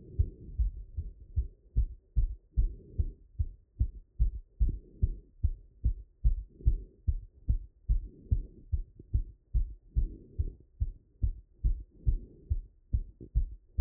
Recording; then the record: heart sounds by stethoscope after running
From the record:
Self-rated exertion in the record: vigorous exertion (4 of 6); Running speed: 7 mph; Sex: male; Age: 23 years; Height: 170 cm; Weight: 84 kg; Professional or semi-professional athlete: no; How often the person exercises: 3 to 5 times a week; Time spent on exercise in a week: 3 to 4 hours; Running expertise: no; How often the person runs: under once a week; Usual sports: weight training, volleyball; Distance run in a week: 1 km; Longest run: 10 km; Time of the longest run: 67 minutes